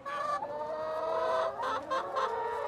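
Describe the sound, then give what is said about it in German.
A large flock of chickens clucks steadily inside a simple greenhouse of plastic film stretched over bent metal poles, a dense overlapping murmur of calls with a few louder, sharper clucks bursting out near the end; no voices. “Eine große Schar Hühner wärmt die Luft unter der Plane und die Pflanzen in einem abgetrennten Teil der zeltartigen Konstruktion.”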